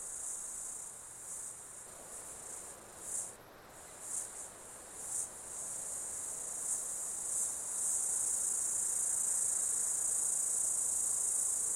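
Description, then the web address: Insect chorus, high and hissing, with several rhythmic swelling bursts early on before settling into a steady, louder continuous drone. Insect ambience in an Australian summer, outdoors. "Foundation 1 AMBIENCE AUSTRALIAN SUMMER INSECTS"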